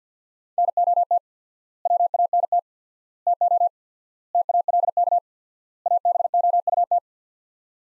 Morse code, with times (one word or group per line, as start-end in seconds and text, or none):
0.6-1.2 NOT
1.9-2.6 WANT
3.3-3.7 TO
4.3-5.2 TALK
5.9-7.0 ABOUT